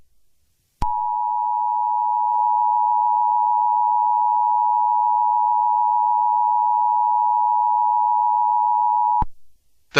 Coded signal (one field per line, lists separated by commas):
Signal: Emergency Alert System (SAME) tones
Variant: 853 and 960 Hz attention tone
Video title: EAS Scenario #65: Attack of The Killer Scorpions